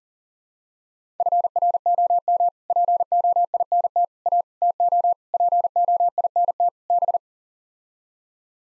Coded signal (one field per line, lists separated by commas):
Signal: Morse code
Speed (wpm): 40 wpm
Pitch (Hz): 700 Hz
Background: none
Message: FROM POINT A TO POINT B